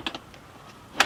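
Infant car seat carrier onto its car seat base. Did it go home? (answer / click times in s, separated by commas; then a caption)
yes / 1.0 s. An infant car seat carrier with a baby in it is set down onto its installed car seat base. Two light taps come at 0.1 and 0.2 seconds, then a sharp, loud click at 1.0 seconds as the carrier latches and seats onto the base.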